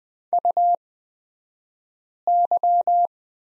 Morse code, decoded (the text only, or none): UY